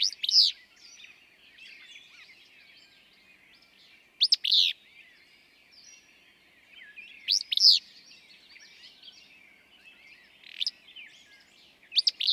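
Willow flycatcher singing a burry, sneezy two-part phrase, repeated every few seconds, with faint twittering of other birds behind.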